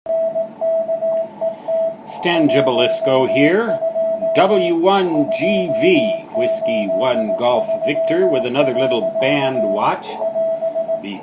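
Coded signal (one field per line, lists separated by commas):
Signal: Morse code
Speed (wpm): 18 wpm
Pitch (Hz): 660 Hz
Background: speech, radio noise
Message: NKET 12 283. <AS>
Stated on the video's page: Band watch on 14 to 50 MHz with so-so conditions and a surprise on 24 MHz.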